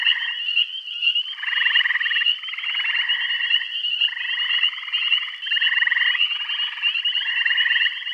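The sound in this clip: Frog chorus of rasping, pulsed croaks in overlapping bursts of roughly a second, almost continuous, with a constant high-pitched drone behind.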